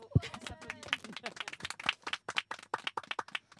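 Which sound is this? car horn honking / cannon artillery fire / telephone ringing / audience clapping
audience clapping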